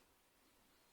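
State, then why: Not seated. A second RAM module is pressed down into its motherboard memory slot, with only a steady, quiet broadband hiss and a brief faint tick near 0.9 s. Nothing has seated or clicked yet.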